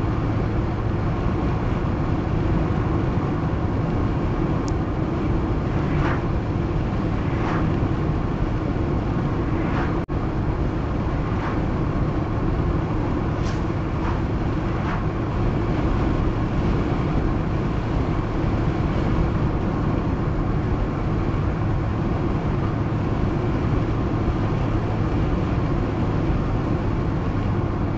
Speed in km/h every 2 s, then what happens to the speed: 105, 106, 106, 102, 102, 101, 101, 102, 102, 103, 103, 103, 103, 103.
0-28 steady at about 103.